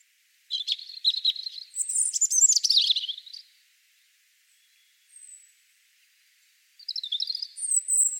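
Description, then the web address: European robin song: a thin, high warbling phrase of quick twittering notes sliding down, a short pause with a faint high whistle, then another sparkling phrase begins. "Deverinetal 2025 File origin Bird Only Er Ru"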